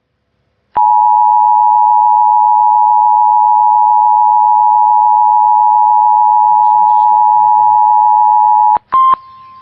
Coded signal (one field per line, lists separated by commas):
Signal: Emergency Alert System (SAME) tones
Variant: 853 and 960 Hz attention tone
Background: speech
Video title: (OH MY GOODNESS) EAS Catch s01e04